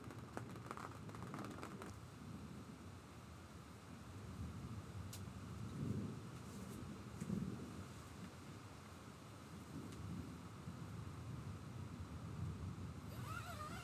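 A thunderstorm rumbles low and steadily throughout, a dense, churning roar with swelling surges around six and seven seconds. A few sharp clicks and crackles appear early and near five seconds, and a brief rising whine enters at the very end.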